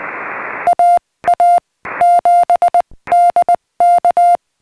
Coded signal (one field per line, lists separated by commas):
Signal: Morse code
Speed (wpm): 19 wpm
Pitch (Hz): 700 Hz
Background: none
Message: A A 7 DK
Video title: CW Paddle Kit Prototypes Coming Soon